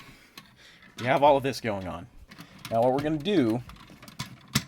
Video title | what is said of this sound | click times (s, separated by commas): Transformers DOTM Ultimate Optimus Prime review | You want to hear that click. | 0.4 s